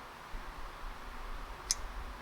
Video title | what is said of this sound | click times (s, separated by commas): Jeep Wrangler Momentary loss of power at low RPMS followed by surge forward - FIXED! | okay there's there was a nice little click | 1.7 s